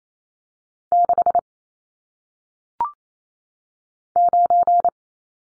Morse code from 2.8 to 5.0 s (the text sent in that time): 9